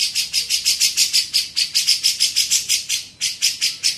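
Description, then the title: Grey-cheeked bulbul chattering: a steady, rapid series of buzzy, rasping notes, with one short gap. Masteran training recording made for teaching songbirds. "MASTERAN CUCAK JENGGOT"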